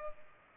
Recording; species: mosquito wingbeat signal from an infrared sensor; Culex pipiens